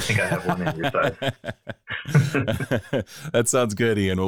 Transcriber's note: laughing